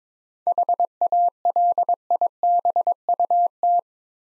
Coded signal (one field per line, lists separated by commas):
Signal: Morse code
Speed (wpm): 22 wpm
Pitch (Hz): 700 Hz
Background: none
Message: HALIBUT